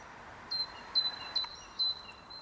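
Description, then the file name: Great tit giving four short high notes, each followed by a lower one, after a moment of quiet background hiss. "Parus major"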